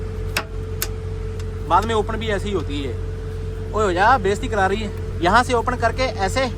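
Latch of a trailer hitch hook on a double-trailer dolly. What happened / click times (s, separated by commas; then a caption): A steel hook latch snaps shut / 0.4 s, 0.8 s. A hand lifts the latch of a different style of trailer hitch hook on a double-trailer dolly from behind and closes it. Two sharp metallic clicks at 0.4 s and 0.8 s mark the latch snapping shut and seating, followed by a fainter tick near 1.4 s. Someone then talks over a steady low hum.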